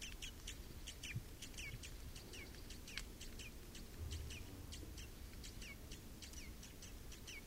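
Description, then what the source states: Red crossbill calls: many short chips and downslurred notes, steady throughout, over low background rumble. Recorded 27 October 2014 in the Rusel area.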